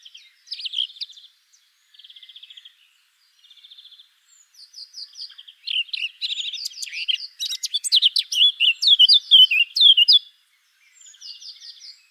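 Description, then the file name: Eurasian blackcap song: short buzzy twitter phrases repeated with pauses, leading into a loud fluting whistled finale, then quiet twittering again. "Sylvia atricapilla"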